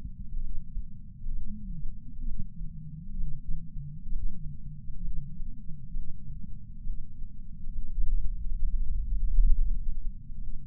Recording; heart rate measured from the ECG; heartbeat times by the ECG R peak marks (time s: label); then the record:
heart sounds by patch sensor on the chest; 66 bpm
0.40 s: heartbeat
1.32 s: heartbeat
2.25 s: heartbeat
3.16 s: heartbeat
4.09 s: heartbeat
5.01 s: heartbeat
5.92 s: heartbeat
6.83 s: heartbeat
7.71 s: heartbeat
8.58 s: heartbeat
9.47 s: heartbeat
10.38 s: heartbeat
From the record:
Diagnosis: coronary artery disease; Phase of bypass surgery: preoperative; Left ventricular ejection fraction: 52.3%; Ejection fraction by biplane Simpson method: 38%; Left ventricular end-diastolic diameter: 62 mm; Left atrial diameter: 45 mm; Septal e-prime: 4 cm/s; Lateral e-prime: 7 cm/s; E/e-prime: 12.2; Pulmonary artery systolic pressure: 24 mmHg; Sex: male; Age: 61 years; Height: 174 cm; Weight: 80 kg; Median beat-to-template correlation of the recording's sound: 0.91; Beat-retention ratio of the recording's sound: 0.97